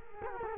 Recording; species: mosquito wingbeat signal from an infrared sensor; Culex quinquefasciatus